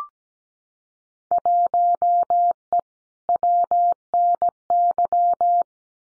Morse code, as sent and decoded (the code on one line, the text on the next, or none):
.---- . / .-- -. -.--
1E WNY